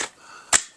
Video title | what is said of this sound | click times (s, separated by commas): Craftsman V20 Stick Vacuum Unboxing Review and Demo CMCSV001D1 #craftsmantools | pops into place | 0.6 s